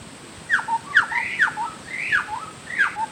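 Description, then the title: Bird song: quick whistled notes that slur downward, alternating with brief rising whistles in a lively, uneven run, against background hiss. "burung"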